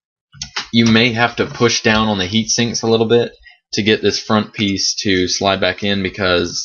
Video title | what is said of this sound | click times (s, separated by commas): How to Sabotage an Xbox 360 (10 Different Ways) | and then just lay the front down and it just pops right into place and then um | 0.4 s, 0.6 s